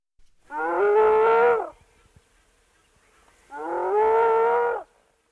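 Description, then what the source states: Spotted hyena whoops: two drawn-out hooting calls, each over a second long and slightly rising, rich in harmonics, separated by about two seconds of near silence. Distressed-sounding whoop from a top-ranking female of the study clan, hidden in a hole in the ground near a river in Kenya.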